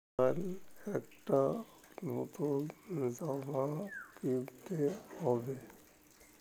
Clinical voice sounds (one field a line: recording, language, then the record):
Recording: elicited speech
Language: Bengali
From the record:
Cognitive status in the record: dementia